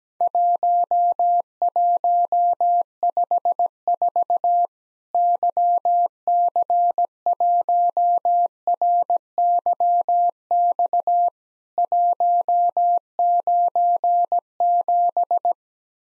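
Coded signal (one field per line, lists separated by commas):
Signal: Morse code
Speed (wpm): 17 wpm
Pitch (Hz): 700 Hz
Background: none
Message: 1154 YC1RYX 197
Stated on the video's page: Worked All Europe DX Contest QTC exchange practice at 17 wpm, with simulated repeat requests.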